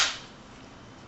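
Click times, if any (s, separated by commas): none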